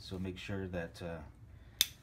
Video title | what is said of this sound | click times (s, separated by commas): Truimph Scrambler - Fuel Filter Replacement | that safety clip uh clicks on and then you're good to go there | 1.8 s